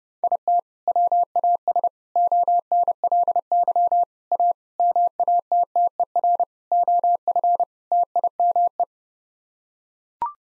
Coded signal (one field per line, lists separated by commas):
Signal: Morse code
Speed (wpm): 30 wpm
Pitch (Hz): 700 Hz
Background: none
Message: IT WAS ONLY A MATTER OF TIME